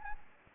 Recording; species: mosquito wingbeat signal from an infrared sensor; Anopheles gambiae